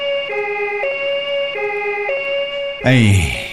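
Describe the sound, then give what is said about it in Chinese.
A two-tone ambulance siren alternates between high and low pitches at a steady pace, then cuts to a burst of louder, harsher noise with a falling, swooping tone at the end; the ambulance was called for a professor who collapsed and was taken to hospital for emergency treatment. “高二金牙，快叫救护车。”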